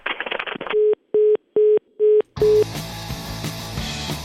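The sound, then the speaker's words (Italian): A phone call cuts off with a brief rustle, followed by five evenly spaced, steady electronic beeps of a disconnected line, before loud music abruptly takes over. “Di fronte alla parola andrangheta si chiude il telefono.”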